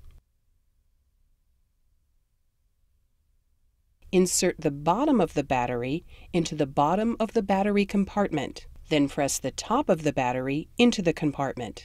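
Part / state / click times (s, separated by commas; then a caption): battery pack into defibrillator battery compartment / not seated / none. A battery pack is lined up with its bottom in the bottom of the battery compartment of a Philips HeartStart HS1 defibrillator (AED) that has been turned over, with the battery only positioned and not yet pushed home. The first four seconds are near-silent, then someone talks continuously. Nothing has seated or clicked yet.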